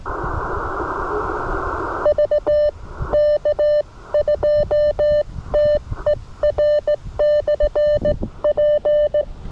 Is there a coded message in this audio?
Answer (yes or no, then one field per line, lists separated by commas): yes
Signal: Morse code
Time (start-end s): 2.1-9.2 s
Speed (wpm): 17 wpm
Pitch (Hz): 590 Hz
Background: none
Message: VK2TER/P